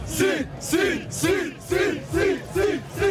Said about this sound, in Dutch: En met evenveel hoop en vertrouwen als Touzani gaan 60.000 fans die voor Marokko juichen die halve finale in.